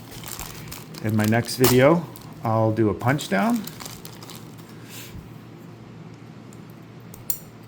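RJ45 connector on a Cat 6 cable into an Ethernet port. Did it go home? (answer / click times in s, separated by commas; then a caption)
yes / 7.3 s. A freshly crimped Cat 6 cable with a plastic RJ45 passthrough connector is pushed into an Ethernet port. Someone talks over faint handling noise and a few small clicks, and then the latch tab snaps home with one sharp click at 7.3 seconds, seating the plug.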